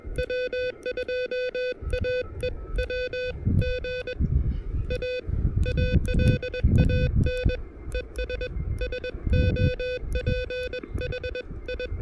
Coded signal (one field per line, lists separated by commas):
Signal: Morse code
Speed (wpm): 20 wpm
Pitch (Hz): 500 Hz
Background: music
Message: W2AEW GA ALAN ES SOPHI